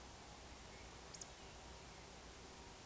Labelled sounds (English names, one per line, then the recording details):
Eurasian Woodcock
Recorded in Baden-Württemberg, Germany, on 27 June 2020 at 02:27 UTC
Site 43791, 788 m above sea level